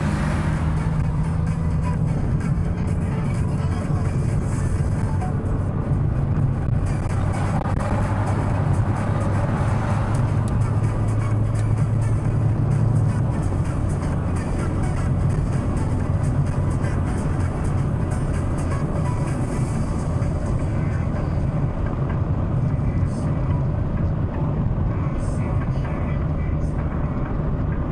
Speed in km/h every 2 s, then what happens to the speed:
74, 80, 87, 92, 96, 100, 100, 102, 100, 95, 95, 92, 89, 85.
0-14 speeds up to 102. 14-28 slows to 85.